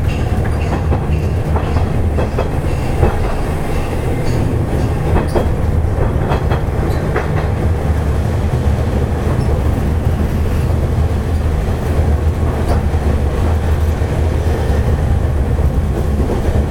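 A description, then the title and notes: A Hankai Tramway type 701 tram runs with a steady deep rumble, frequent clicking rail joints and occasional squeals. 阪堺電気軌道701形電車の走行音です。 阪堺線で録音しました。 区間は、我孫子道から恵美須町までです。 It is running sound of train 701 type Hankai Tram Train.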